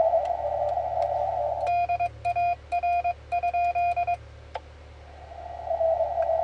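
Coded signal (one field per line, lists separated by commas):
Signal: Morse code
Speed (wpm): 22 wpm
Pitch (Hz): 2450 Hz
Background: radio noise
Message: DAR?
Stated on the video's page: Mobile station CW contacts on 20 m, 14.019 kHz.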